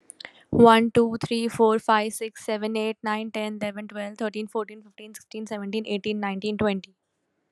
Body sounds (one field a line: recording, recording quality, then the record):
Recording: counting at a fast pace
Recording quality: excellent, no background noise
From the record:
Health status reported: exposed to COVID-19, no respiratory illness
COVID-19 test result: negative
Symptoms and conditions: none ticked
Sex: female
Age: 23 years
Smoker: not ticked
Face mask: not worn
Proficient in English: yes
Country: India